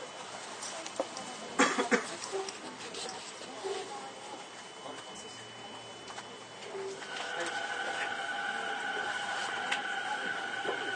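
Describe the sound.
A ride aboard a Toei 10-300 series train, with a low rumble and scattered clicks and knocks through the first seven seconds, including a louder clatter near two seconds. After about seven seconds a steady, layered whine sets in and holds to the end.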